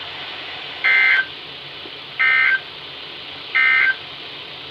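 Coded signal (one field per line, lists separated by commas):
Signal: Emergency Alert System (SAME) tones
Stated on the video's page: Real statewide tornado drill sent as a toned Special Weather Statement.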